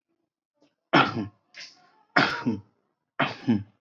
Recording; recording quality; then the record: shallow voluntary cough; excellent, no background noise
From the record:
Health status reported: COVID-19 positive, mild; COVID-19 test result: positive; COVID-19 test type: RT-PCR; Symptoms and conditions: cough, cold, fatigue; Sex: male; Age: 39 years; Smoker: no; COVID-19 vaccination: both doses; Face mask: worn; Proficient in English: yes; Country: India